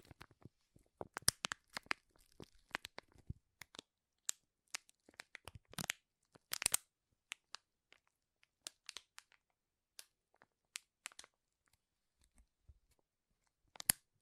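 Crinkling sounds come in sharp, bright crackles over near silence. They are dense and busy in the first seven seconds, with loud bursts around the sixth and seventh seconds. After that they thin to scattered single snaps, with a final sharp crack near the end.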